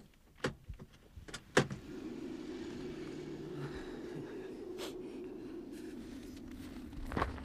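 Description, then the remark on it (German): A car with skis fastened to its roof pulls into a parking lot by a lookout point and its engine settles into a steady low idle, with several sharp clunks and knocks early on and a couple more thuds later; no one speaks. “Ein Parkplatz zog sich länglich zu einem Aussichtspunkt hin. Hier parkte Peter den Wagen.”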